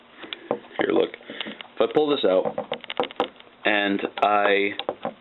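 Someone talks while pulling a tool out of the handle of a SOG PowerLock folding multitool that has a metal liner lock, with brief sharp handling taps and rattles around 2.8 to 3.4 seconds. The clip ends before the tool goes home, so nothing has seated or clicked into place yet.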